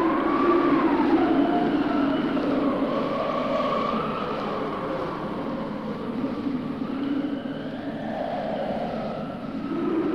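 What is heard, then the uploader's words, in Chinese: Wind on a mountaintop roars steadily for the whole clip, thick and unbroken. Low, whistling moans drift up and down in pitch over the rush, like air howling past rocks, and the level eases slightly near the end before swelling again. 山顶的风声。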